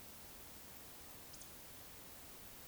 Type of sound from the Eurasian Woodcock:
whistle